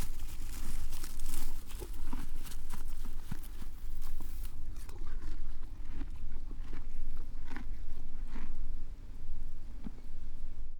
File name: Horse Eating Grass Hay